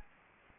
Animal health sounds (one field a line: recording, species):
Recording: mosquito wingbeat signal from an infrared sensor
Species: Anopheles gambiae